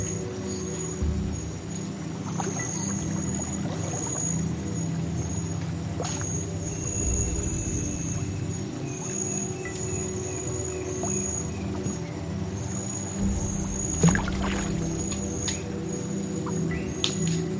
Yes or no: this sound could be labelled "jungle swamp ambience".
yes